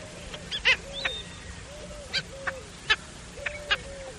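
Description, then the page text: Black skimmer calls: several sharp nasal yaps spaced irregularly, with softer low arched notes between them. Brazil. "Black-Skimmer From Sounds of Brazil"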